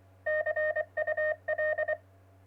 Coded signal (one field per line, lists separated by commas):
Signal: Morse code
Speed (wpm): 24 wpm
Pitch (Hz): 620 Hz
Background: none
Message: CUL